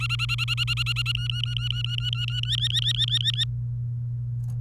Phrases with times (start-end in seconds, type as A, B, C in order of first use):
0.00-1.12 A, 1.15-2.40 B, 2.44-3.44 C